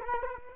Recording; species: mosquito wingbeat signal from an infrared sensor; Culex quinquefasciatus